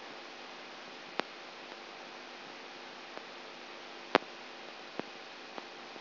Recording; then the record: brain microelectrode recording played as sound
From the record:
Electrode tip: outside the subthalamic nucleus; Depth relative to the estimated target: -6 mm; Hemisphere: right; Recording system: AlphaMap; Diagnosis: Parkinson's disease